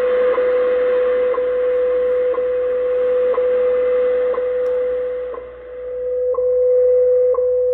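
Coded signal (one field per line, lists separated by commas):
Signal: radio time signal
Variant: WWV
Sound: continuous 500 Hz tone with a short tick every second, eight ticks total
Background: shortwave static and fading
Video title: Radio propagation with seasons and the return of WWV on 25000 kHz shortwave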